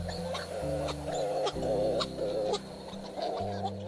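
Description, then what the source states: Hawaiian petrel calls: wavering, moaning notes repeated in short phrases over a steady background of low sustained music tones. Endangered seabird of Hawaii; the Hawaiian name uau mimics its call.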